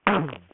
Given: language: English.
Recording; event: throat vibration sensor signal played as sound; throat clearing